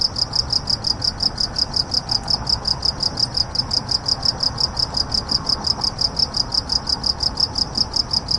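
Cricket gives rapid high-pitched chirps, running unbroken over a faint low rumble.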